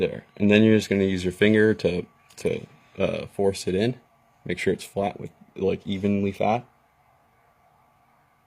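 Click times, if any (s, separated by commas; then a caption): none. While reassembling a Smok Novo pod vape to fix auto fire, an internal part is pushed by finger into the plastic/metal housing to sit flat, as someone talks throughout. Nothing has seated or clicked yet; the clip ends just before the part goes home, followed by near silence.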